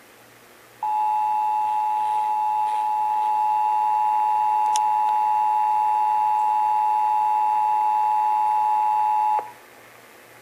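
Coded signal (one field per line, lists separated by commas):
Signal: Emergency Alert System (SAME) tones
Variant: 853 and 960 Hz attention tone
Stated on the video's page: Texas required monthly test, heard as relayed on several radio and TV stations.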